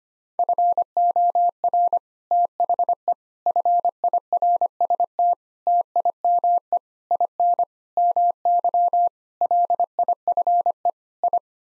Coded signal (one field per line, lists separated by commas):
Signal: Morse code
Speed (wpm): 25 wpm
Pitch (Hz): 700 Hz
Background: none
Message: FOR THE FIRST TIME IN MY LIFE I